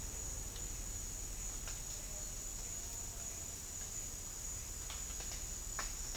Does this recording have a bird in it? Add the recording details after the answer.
no. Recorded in dense forest near Puerto Asís, Putumayo, Colombia, on 4 March 2025 at 09:30. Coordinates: 0.484, -76.325. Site G045